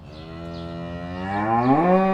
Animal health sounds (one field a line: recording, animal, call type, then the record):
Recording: contact call of a hoofed animal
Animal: cattle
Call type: low-frequency (closed-mouth) or high-frequency (open-mouth) call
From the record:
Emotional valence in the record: negative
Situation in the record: full separation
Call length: 2.2 s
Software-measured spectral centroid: 1000 Hz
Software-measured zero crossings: 1390 a second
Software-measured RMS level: -22 dBFS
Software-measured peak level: -7 dBFS